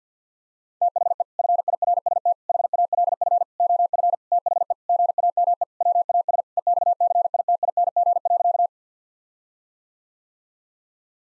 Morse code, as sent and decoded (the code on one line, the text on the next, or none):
- .... . / ..-. .. .-. ... - / .... .- .-.. ..-. / --- ..-. / - .... . / --. .- -- . / .-- .- ... / . -..- -.-. .. - .. -. --. .-.-.-
THE FIRST HALF OF THE GAME WAS EXCITING.